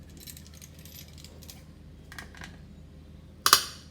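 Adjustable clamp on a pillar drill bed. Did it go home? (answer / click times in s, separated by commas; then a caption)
yes / 3.5 s. An adjustable clamp on a pillar drill bed is tightened onto a plastic workpiece so it grips securely. Faint light rattles and clicks come at about 0.3 s and 2.2–2.4 s. A sharp, bright metallic click follows at 3.5 s as the clamp locks in place.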